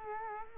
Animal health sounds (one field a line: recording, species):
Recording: mosquito wingbeat signal from an infrared sensor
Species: Culex quinquefasciatus